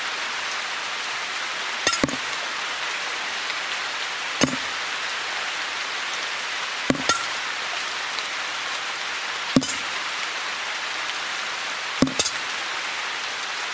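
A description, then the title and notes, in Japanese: Water drips from a roof leak onto a plate, each drop a sharp tick at regular intervals of about two and a half seconds, sometimes with a quick second tap. Between drops, a steady rain-like hiss fills the background. 雨漏り。梅雨の6月。とりあえずその辺にあるお皿で水滴受け、お皿がいっぱいになったら他のお皿に変え。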